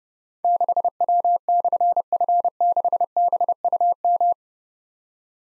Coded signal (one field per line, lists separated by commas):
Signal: Morse code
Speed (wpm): 30 wpm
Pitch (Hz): 700 Hz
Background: none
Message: 6W/F6BUM